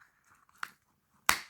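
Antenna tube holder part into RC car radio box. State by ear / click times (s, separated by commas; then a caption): seated / 1.3 s. The antenna tube holder part is pressed onto the radio box of a Hobbytech NXT RR 2020 brushless RC car. A smaller tick sounds at 0.6 s, then a sharp, bright snap at 1.3 s. The part seats and fits nicely in place.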